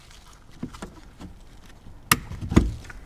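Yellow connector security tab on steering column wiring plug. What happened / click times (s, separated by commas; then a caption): The connector's locking tab snapped home / 2.1 s. A yellow connector on the steering column wiring plug of a 2005–2015 Audi Q7 (4L) is fitted, and its small plastic security tab is pushed back in to lock it. Soft handling taps come first, then a sharp click at 2.1 s as the tab locks and the connector seats, followed by quieter knocks.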